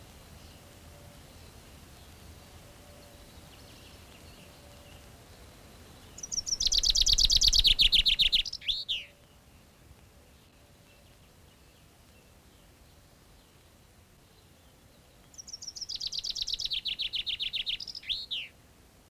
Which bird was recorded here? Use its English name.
Common Chaffinch